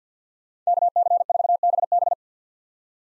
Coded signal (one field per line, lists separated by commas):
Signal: Morse code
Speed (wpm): 50 wpm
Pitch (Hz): 700 Hz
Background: none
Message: KC4BB